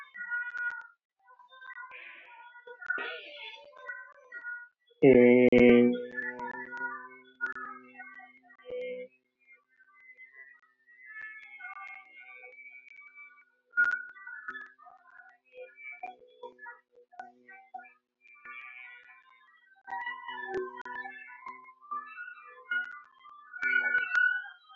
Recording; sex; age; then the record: vowel held as long as possible; male; 30 to 39 years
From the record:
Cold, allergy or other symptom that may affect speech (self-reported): no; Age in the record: 32 years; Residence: India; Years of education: 10